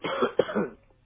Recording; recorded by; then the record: voluntary cough; telephone call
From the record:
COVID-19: positive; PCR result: checked with the laboratory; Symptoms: no